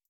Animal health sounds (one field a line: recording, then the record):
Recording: hydrophone in a shrimp aquaculture tank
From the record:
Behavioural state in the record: starved